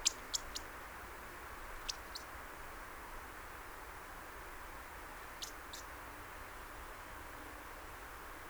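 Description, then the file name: European robin sharp clicking calls in a few short groups over soft steady noise, with a long quiet gap before the last pair. "Erithacus rubecula"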